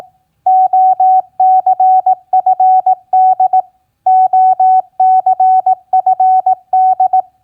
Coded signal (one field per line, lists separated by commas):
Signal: Morse code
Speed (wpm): 18 wpm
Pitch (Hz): 750 Hz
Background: none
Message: OCFD OCFD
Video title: Morse Code Practice QSO Elements Q7b OCFD-BEAM-HEX 18wpm